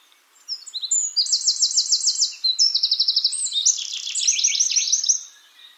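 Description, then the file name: Eurasian wren song: a loud, very high, rapid outpouring of sharp notes with several fast rattling trills, lasting about five seconds. "Troglodytes troglodytes"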